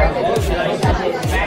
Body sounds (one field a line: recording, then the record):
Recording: background sound without coughing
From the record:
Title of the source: Nightlife Party Simulating Party Club Noise 1 Hour